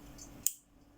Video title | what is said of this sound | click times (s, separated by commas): Tut'armes: Démontage de la culasse du Gewehr 98 et successeurs | un troisième clic celui ci quand vous entendez ce clic là c'est que votre culasse et remonter complètement | 0.5 s